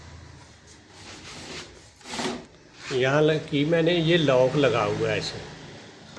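A lock on a table saw table is handled, with low rubbing and scraping noises in the first two seconds and a brief burst of noise around 2.2 s. Someone then talks from about 2.9 s to 5.3 s. Nothing has seated or clicked yet.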